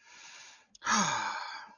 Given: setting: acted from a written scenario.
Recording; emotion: vocal sound without words; ecstasy